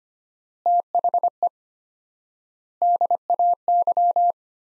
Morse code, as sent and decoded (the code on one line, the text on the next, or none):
- .... . / -.. .- -.--
THE DAY